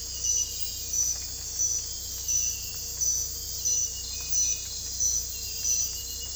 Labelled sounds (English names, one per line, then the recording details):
none
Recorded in dense forest near Puerto Asís, Putumayo, Colombia, on 22 December 2024 at 01:00
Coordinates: 0.486, -76.317
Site G003